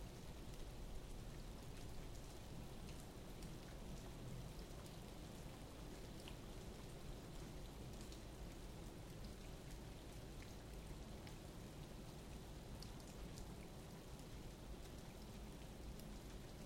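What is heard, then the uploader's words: Morning rain falls steadily and densely for the whole stretch, a constant hiss with a low rumbling undertone that never lets up. Small drips and ticks scatter through the upper range, and the level stays even from start to finish. I woke up early to the sound of rain and just parked my microphones by my front door and went back to bed.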